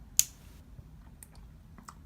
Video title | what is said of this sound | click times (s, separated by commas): Atomicbear Tactical Pen and flashlight review! | that pin you know that's what you hear clicking on and it keeps it | 0.2 s